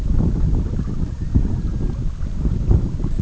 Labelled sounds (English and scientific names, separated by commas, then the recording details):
Red-throated Loon (Gavia stellata)
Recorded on Arctic tundra, site EABA-MC, on 19 June 2019
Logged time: 02:00